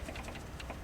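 An oil filter with a nub and an O-ring is turned in the dry-sump filter housing of a twin-turbo Audi R8 until the nub lines up. Light ticking and tapping runs throughout, then two small, sharp clicks at 0.6 s and 0.7 s as the filter locks into place and is seated.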